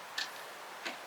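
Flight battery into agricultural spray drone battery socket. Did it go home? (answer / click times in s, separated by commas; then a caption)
no / none. A flight battery is tilted into the battery socket of an XAG agricultural spray drone and lowered slowly toward it. Two brief, bright ticks are heard around 0.2 s and 0.9 s against a low steady background. The battery has not seated or clicked home yet.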